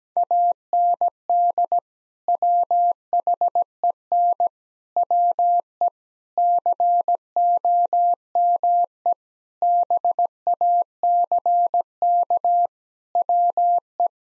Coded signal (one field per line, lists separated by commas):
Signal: Morse code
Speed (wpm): 17 wpm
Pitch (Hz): 700 Hz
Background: none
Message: AND WHEN WE COME BACK WE